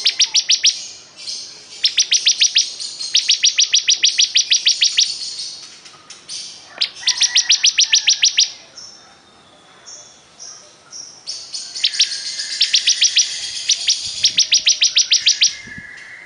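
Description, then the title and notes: Bar-winged prinia singing rapid bursts of piercing high chips in steady rhythmic series, separated by brief gaps filled with softer scattered squeaks and whistles. Singing gacor (energetically, in full song). "Suara Burung Ciblek Gacor"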